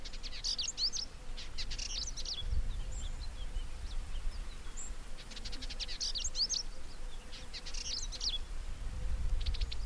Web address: Indigobird Song Clips Vidua funera JMD